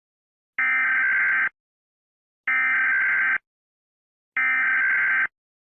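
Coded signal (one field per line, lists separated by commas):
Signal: Emergency Alert System (SAME) tones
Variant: header bursts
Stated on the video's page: Parody EAS scenario about a celestial event, not a real alert.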